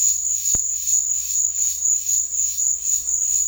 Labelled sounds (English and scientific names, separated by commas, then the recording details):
none
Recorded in secondary vegetation near Puerto Asís, Putumayo, Colombia, on 8 March 2025 at 16:00
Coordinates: 0.499, -76.323
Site G094